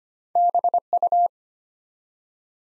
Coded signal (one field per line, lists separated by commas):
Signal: Morse code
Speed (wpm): 25 wpm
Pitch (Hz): 700 Hz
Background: none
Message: BU